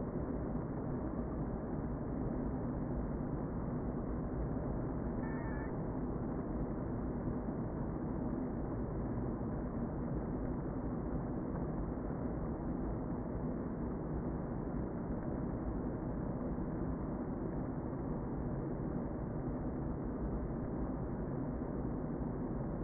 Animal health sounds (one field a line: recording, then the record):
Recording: honeybee colony, microphone inside the hive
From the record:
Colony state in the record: queen present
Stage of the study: before two queens were removed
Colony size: about 60,000 bees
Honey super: yes